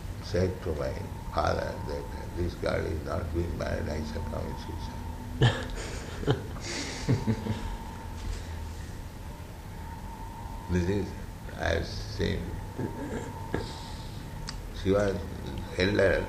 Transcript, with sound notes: said to my father that "This girl is not being married, I shall commit suicide." [devotees laugh] This is, I have seen. She was elder